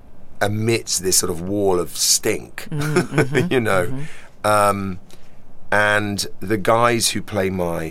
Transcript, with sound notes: amidst this sort of wall of stink, (laughter) you know? And the guys who play